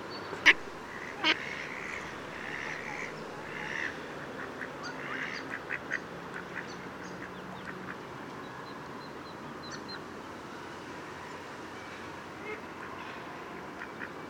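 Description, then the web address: Pacific black duck: two sharp loud calls in the first two seconds, then softer harsh quacks for a few seconds. "chant xeno-canto canard a sourcils"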